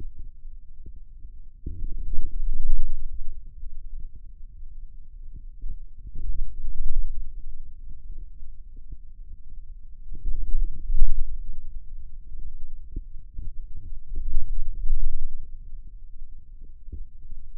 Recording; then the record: forearm muscle sounds (acoustic myography)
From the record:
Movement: wrist extension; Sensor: system 2, bracelet of six BSWA MPA416 microphones around the upper forearm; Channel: 6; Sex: male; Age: 22 years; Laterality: right